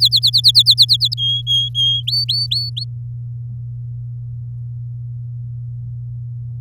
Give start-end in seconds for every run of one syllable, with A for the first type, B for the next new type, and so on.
0.00-1.14 A, 1.17-2.02 B, 2.07-2.84 C